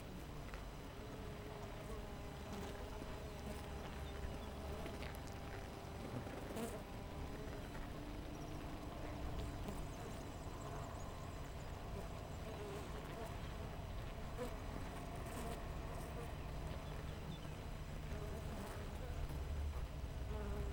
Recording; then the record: honeybee colony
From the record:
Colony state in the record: missing queen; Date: 14 July 2017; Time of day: 7:03